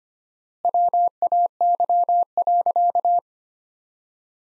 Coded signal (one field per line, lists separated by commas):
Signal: Morse code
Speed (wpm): 25 wpm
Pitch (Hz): 700 Hz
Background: none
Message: WAY.